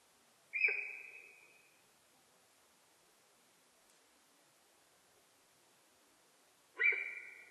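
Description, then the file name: Sika deer whistles: two shrill, level calls about six seconds apart, each with a sudden start and a fading tail, over light background noise. Recorded in Japan on 4 November 2006. "061104 nihonjika"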